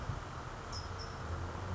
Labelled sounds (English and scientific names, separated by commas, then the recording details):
California Towhee (Melozone crissalis)
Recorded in Sonoma County, California